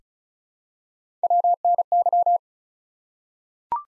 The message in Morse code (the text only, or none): WNY